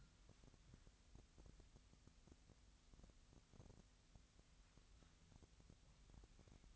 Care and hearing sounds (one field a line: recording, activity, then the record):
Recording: daily activity, microphone in the room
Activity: wipe stove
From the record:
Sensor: 3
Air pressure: 1001.6 hPa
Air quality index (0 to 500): 223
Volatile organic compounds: 30 ppm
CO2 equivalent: 2958 ppm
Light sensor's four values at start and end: 11/34/14/12 and 11/34/14/12